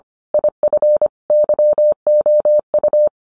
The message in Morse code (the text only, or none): IF YOU